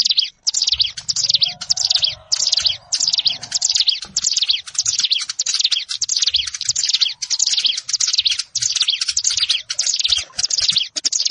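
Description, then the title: Prinia song, rapid buzzy high notes in short repeated phrases, nearly continuous, with a brief low hum behind. Recorded in a rice field. "Ciblek Sawah"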